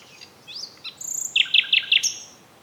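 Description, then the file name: Common nightingale giving a short phrase: slurred rising notes followed by four loud, chunky, evenly spaced notes and a final high note. "Luscinia megarhynchos"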